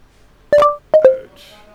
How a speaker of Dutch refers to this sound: Nou, dat geluid dat blijft maar komen de hele tijd. Ik weet niet of dit betekent dat onze lieve luisteraar ook steeds die meldingen van mijn telefoon hoort. Ik ga ze nu uitzetten.